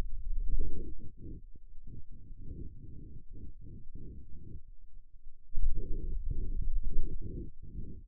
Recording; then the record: forearm muscle sounds (acoustic myography)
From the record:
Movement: finger pinch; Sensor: system 2, bracelet of six BSWA MPA416 microphones around the upper forearm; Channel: 6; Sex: male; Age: 22 years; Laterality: right